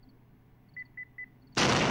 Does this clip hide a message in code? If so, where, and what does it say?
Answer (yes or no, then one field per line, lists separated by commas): no